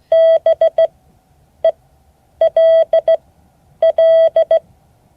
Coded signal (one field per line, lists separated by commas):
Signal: Morse code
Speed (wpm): 16 wpm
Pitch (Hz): 650 Hz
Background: none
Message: BELL